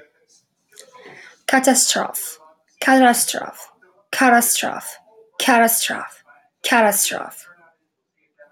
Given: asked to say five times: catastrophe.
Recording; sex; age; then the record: repeated word; female; 20 to 29 years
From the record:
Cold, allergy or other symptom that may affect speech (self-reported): no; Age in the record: 28 years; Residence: Massachusetts, United States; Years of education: 17